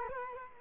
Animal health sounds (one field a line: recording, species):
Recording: mosquito wingbeat signal from an infrared sensor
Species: Culex quinquefasciatus